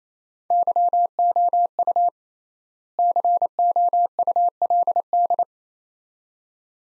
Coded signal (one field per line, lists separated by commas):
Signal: Morse code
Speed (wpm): 28 wpm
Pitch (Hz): 700 Hz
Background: none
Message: YOU COULD